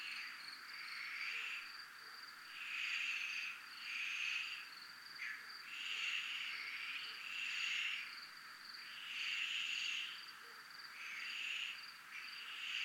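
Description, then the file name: Cricket sustains a thin high trill throughout, with coarser buzzy bursts pulsing in repeated swells across the recording. Crickets recorded in a military zone. "zona militar crickets"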